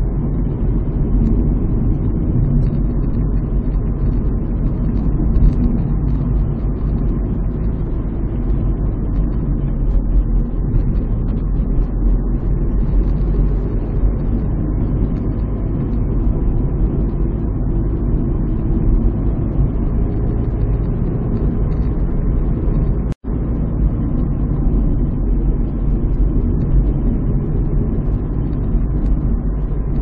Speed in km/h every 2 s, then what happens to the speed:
52, 52, 54, 57, 56, 46, 51, 56, 58, 59, 63, 61, 52, 53, 54.
0-7 steady at about 52. 7-9 brakes to 46. 11-20 speeds up to 63. 20-24 slows to 52. 24-30 steady at about 53.